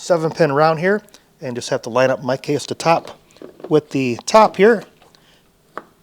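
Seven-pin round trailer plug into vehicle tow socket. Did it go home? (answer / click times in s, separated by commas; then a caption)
yes / 5.8 s. A seven-pin round trailer light plug is lined up top-to-top and pushed into a truck's seven-pin socket while someone talks. After the talking stops, a sharp click at 5.8 s marks the plug seating in the socket and being secured.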